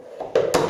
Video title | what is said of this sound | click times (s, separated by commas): DIY: Is This The Best Value Hand Pressure Sprayer In The UK? | locks into place just feel this obviously that goes in there get a push and then lock it into place | 0.4 s